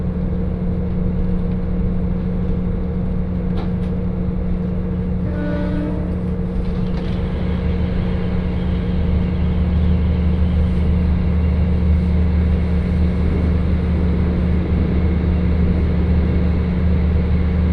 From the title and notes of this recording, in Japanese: 耳で楽しむ鉄道旅 函館本線 函館→池田園（藤城支線経由）。函館から大沼を経由して、2022年廃止駅（ちなみに乗車日は廃止前日です）の１つである池田園駅まで行ってみました。